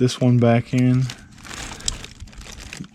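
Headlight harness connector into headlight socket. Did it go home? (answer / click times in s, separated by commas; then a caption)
yes / 1.9 s. Someone talks briefly while plugging the headlight harness connector back into the headlight socket on a Jeep Wrangler JK, followed by soft crinkling and rustling handling noise. The connector latches with a short, sharp click at 1.9 seconds, and it is seated.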